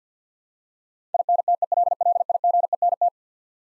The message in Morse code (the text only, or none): INTELLIGENT